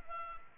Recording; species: mosquito wingbeat signal from an infrared sensor; Culex pipiens